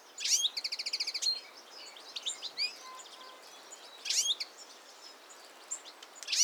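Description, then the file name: European goldfinch: a rapid run of repeated notes opens, followed by scattered high twittering chirps and tinkling phrases in short bursts. "Carduelis carduelis"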